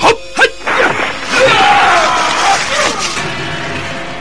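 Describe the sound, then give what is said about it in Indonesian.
Two sharp, loud blows strike in quick succession as a fighter meets an opponent's fierce punch with his own, followed by a long rushing swell of noise with a brief whistling tone. “Aku akan coba menumbuk pukulan ganasnya ini.”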